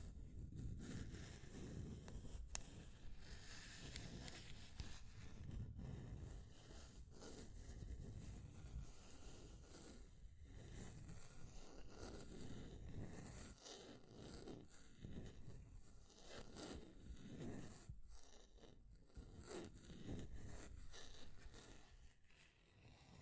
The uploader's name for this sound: Mind Tingling Scratching and Tracing Sounds